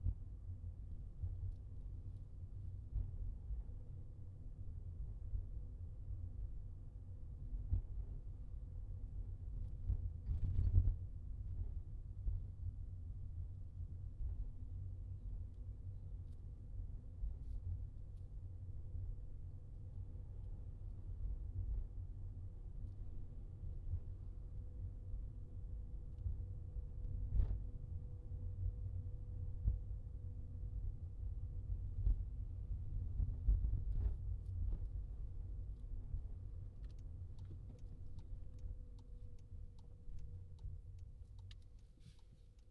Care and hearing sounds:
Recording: everyday scene through a hearing-aid microphone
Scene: in a vehicle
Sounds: engine, highway traffic jam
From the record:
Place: Skoda Fabia, gasoline engine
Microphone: in the ear canal, left

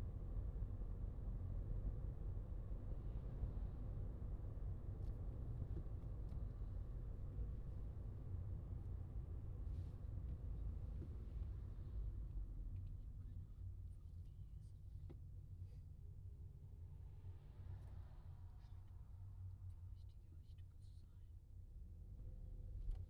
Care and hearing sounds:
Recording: everyday scene through a hearing-aid microphone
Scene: in a vehicle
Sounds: engine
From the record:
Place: Skoda Fabia, gasoline engine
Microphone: in the ear canal, left

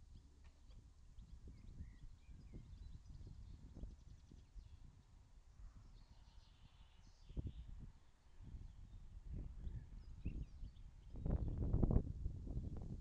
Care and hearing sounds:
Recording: everyday scene through a hearing-aid microphone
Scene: wind on the microphone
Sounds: wind, birds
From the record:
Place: in front of a rural house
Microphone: in the ear canal, left

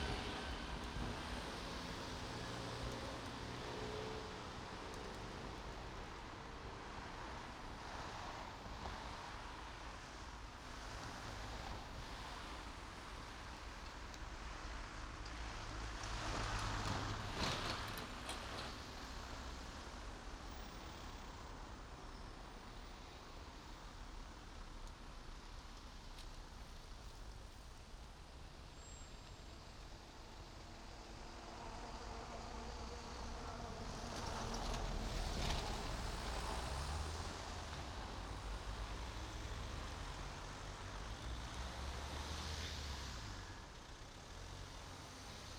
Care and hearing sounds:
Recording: everyday scene through a hearing-aid microphone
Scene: in traffic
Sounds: traffic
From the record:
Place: main road on the outskirts, rush hour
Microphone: in the ear canal, right

